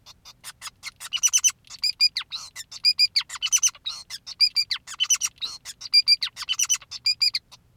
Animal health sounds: song of a male Bengalese finch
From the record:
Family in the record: son of father 2, and himself father 5

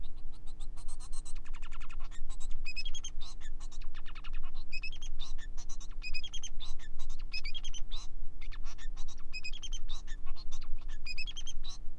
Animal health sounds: song of a male Bengalese finch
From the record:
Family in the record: son of father 4

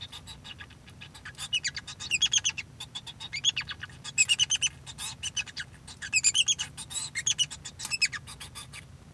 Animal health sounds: song of a male Bengalese finch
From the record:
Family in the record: son of father 2

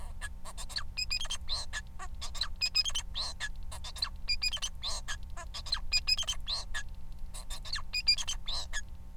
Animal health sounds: song of a male Bengalese finch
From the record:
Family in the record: son of father 4

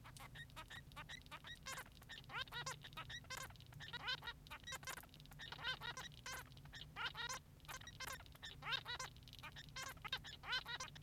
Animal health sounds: song of a male Bengalese finch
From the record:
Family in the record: son of father 3

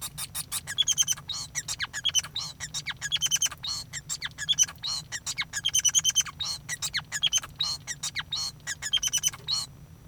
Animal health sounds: song of a male Bengalese finch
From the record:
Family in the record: son of father 5

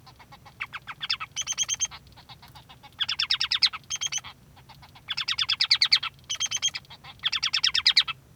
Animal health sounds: song of a male Bengalese finch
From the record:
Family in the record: son of father 3

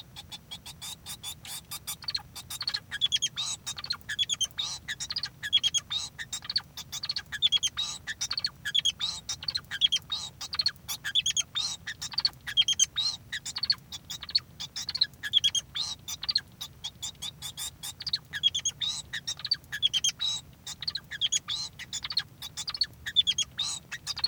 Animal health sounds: song of a male Bengalese finch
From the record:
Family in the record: son of father 2

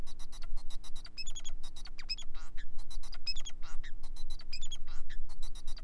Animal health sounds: song of a male Bengalese finch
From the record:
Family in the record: son of father 4

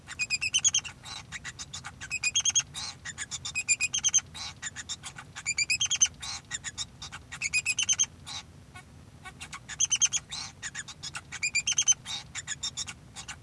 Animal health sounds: song of a male Bengalese finch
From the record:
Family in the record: son of father 2

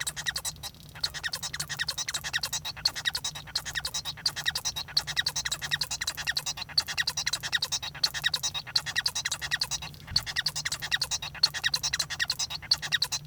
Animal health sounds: song of a male Bengalese finch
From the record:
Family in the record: son of father 1

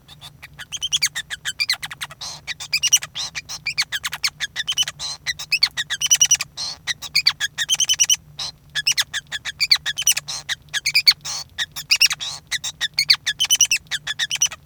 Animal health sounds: song of a male Bengalese finch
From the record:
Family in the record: son of father 5

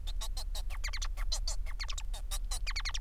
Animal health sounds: song of a male Bengalese finch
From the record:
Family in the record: son of father 4

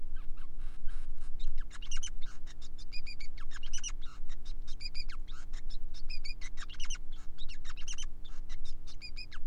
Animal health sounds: song of a male Bengalese finch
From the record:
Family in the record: son of father 5

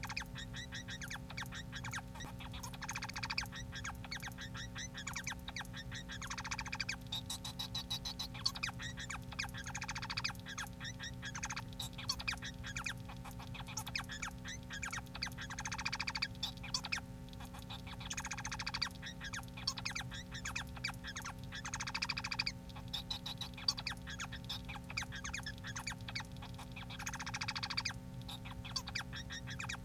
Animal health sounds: song of a male Bengalese finch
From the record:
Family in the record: son of father 4

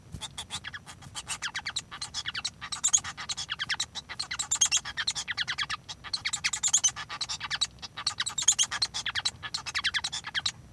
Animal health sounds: song of a male Bengalese finch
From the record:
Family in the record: son of father 1

